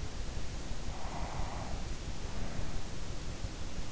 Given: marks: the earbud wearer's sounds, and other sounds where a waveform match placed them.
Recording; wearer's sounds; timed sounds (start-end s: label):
sounds in sleep by an in-ear microphone; breath
0.92-3.16 s: breath